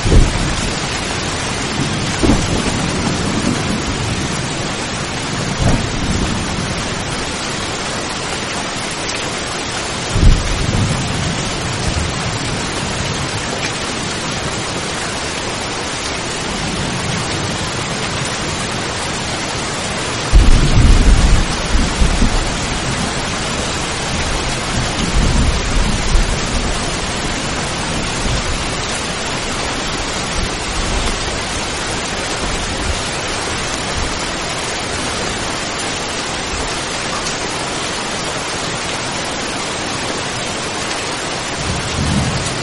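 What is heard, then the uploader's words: Steady, dense rain hisses across the whole clip, a constant wash with no breaks. Low gusts of wind rise and swell underneath, strongest near 2, 10, 20 and 25 seconds, stirring leaves in rushing bursts before settling back into the rain. On the side of the muddy road, the sound of rain mixed with the sound of wind blowing leaves.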